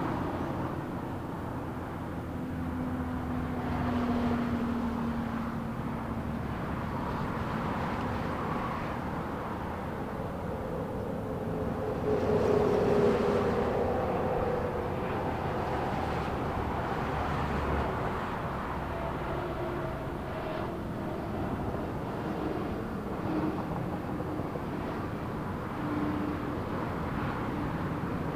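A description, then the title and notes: Steady road traffic rumbles, low and dense, with a louder car swelling past around twelve to fourteen seconds and brief tonal whines. Sitting in the shade at Independence Shopping Center. Featuring traffic from East Independence Boulevard, some exceptionally loud cars, and brief moments of quiet.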